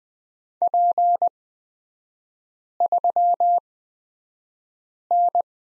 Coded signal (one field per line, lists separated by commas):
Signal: Morse code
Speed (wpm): 20 wpm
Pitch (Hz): 700 Hz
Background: none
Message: P3N